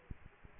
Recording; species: mosquito wingbeat signal from an infrared sensor; Aedes aegypti